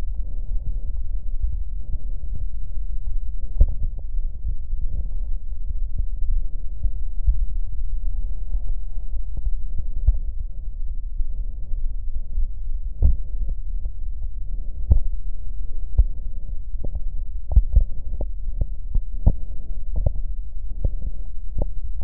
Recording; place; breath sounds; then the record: lung sounds by stethoscope; left posterior upper chest; normal breath sounds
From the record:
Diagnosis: none (healthy); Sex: female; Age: 73 years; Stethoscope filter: extended mode, 50 to 500 Hz